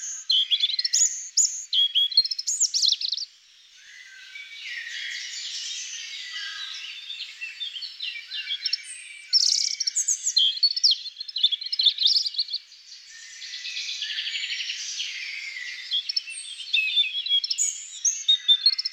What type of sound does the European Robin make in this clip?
song